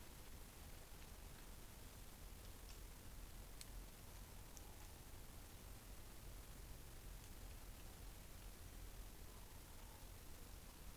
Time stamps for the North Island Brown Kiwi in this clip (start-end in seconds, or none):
none